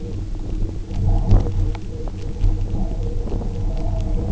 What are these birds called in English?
none